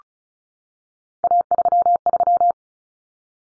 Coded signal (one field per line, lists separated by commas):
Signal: Morse code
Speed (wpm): 34 wpm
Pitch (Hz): 700 Hz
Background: none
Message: A33